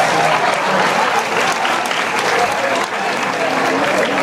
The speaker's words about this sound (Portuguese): Vamos aplaudir os irmãos que leram.